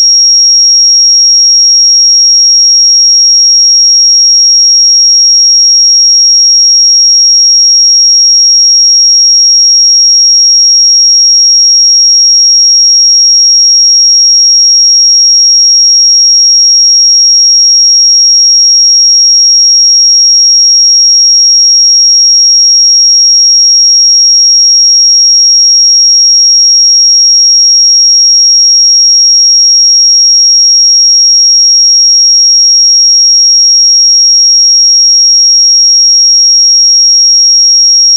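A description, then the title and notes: A pure sine tone at 5596 Hz holds perfectly steady and bright for the full length, at constant loudness with nothing else present. 5596 Hz 1 Hz Interval Sine Pure Tone Frequency 441000 Sample Mono.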